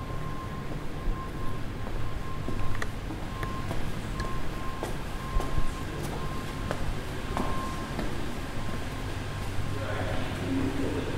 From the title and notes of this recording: A walk through the familiar downtown campus of McGill University. The quiet and relaxing atmosphere of a sunny summer afternoon.